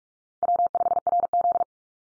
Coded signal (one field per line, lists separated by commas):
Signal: Morse code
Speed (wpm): 44 wpm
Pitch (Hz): 700 Hz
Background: none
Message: W5RZ